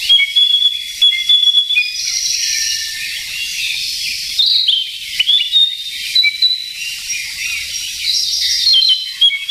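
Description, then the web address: Narcissus flycatcher song: clear whistled notes and quick chirping phrases, pausing between bursts, with a wash of high hissing sound in the gaps. "sikioto. kibitaki"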